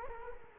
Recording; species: mosquito wingbeat signal from an infrared sensor; Culex quinquefasciatus